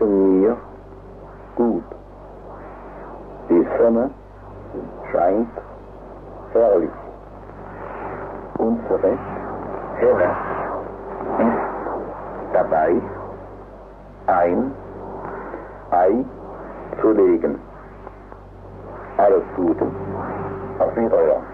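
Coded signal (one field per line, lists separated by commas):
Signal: numbers station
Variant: Tyrolean Music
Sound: short spoken words at fairly even intervals, over a narrow radio-like channel with hum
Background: radio hum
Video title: German Democratic Republic - "Tyrolean Music" Numbers station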